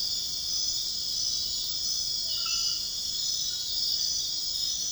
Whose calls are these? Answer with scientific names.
none